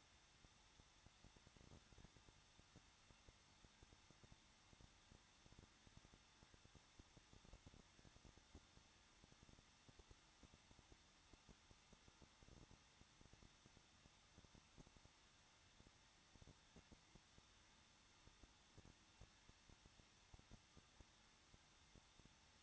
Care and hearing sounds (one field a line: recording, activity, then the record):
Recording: daily activity, microphone in the room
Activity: no activity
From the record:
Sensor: 3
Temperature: 21.2 degrees Celsius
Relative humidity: 36.4%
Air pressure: 1006.4 hPa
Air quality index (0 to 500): 223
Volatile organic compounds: 43 ppm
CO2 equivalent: 3196 ppm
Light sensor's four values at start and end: 2/3/2/2 and 2/3/2/2